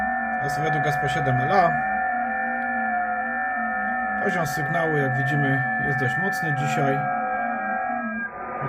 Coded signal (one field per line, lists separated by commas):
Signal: FT8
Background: speech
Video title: Antena Magnetic Loop HF - prosta antena na wyprawy